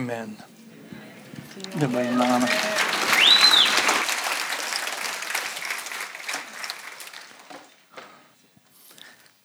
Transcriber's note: applause